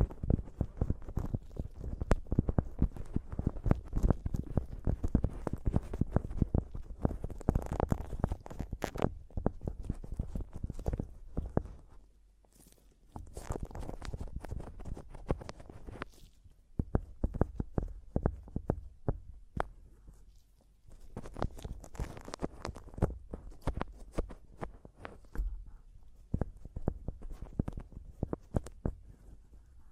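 Tapping and scratching on a microphone, a dense run of sharp knocks and rough scrapes with a heavy low thump. The activity is nearly constant but drops out briefly around 12 and 21 seconds, with quieter scratching between bursts and occasional bright clicks.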